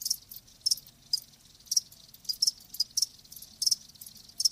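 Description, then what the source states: Cricket chirping in crisp high pulses. Live crickets chirping.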